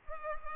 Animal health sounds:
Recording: mosquito wingbeat signal from an infrared sensor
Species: Culex pipiens

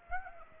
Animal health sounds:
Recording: mosquito wingbeat signal from an infrared sensor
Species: Aedes aegypti

